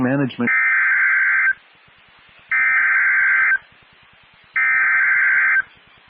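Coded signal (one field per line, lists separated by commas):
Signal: Emergency Alert System (SAME) tones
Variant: header bursts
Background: speech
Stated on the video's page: Four fire warnings for Amarillo, Texas, recorded with full EAS tones on a critical fire weather day.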